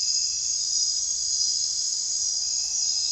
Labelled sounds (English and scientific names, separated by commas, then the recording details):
none
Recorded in secondary vegetation near Puerto Asís, Putumayo, Colombia, on 22 June 2025 at 23:00
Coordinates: 0.498, -76.327
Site GP09